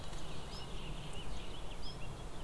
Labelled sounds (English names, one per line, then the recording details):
Eurasian Blackcap
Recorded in Germany
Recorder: ecoPi